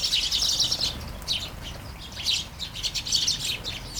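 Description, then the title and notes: Sparrows in a noisy group, overlapping chirps in bursts, with a dense burst at the start. Flying sparrows in a garden in Taastrup, Denmark, early morning during a light shower; recorded on a Sony PCM-D100 with internal microphones. "Kærengen 8, 2630 Taastrup, Denmark - Flying sparrows. Flying sparrows in the garden, early morning. Light shower. Vols de moineaux dans le jardin, au petit matin. Pluie fine"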